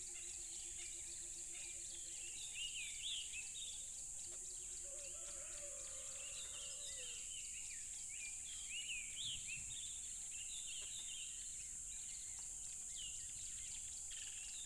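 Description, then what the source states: Cricket chorus, a continuous high buzzing trill, overlaid by varied bird calls and low rattling notes in the first half. Tropical river setting.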